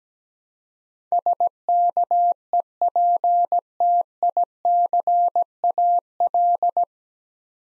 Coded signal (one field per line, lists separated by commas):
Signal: Morse code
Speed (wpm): 17 wpm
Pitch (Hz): 700 Hz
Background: none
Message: SKEPTICAL